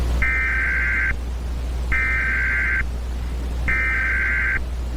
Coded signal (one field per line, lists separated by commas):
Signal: Emergency Alert System (SAME) tones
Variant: header bursts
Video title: The Thanksgiving virus eas scenario